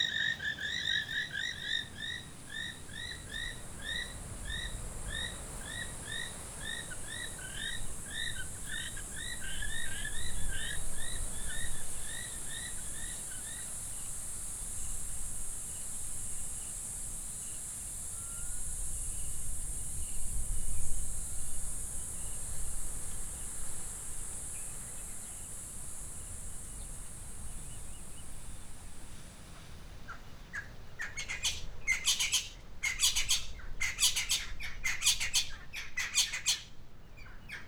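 A night chorus at Mmabolela Reserve in Limpopo, South Africa: a steady high insect whine runs through the first thirty seconds while a rapid, regular series of chirping calls repeats until about fourteen seconds. Near the end, loud buzzy pulses break in, over a low rumbling murmur.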